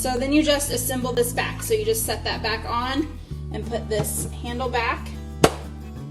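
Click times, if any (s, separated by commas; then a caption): 5.4 s. Someone talks over background music while reassembling the faucet cartridge parts and setting the faucet handle back onto its valve stem. At 5.4 seconds the handle drops home onto the stem with a single sharp clunk, seated in place.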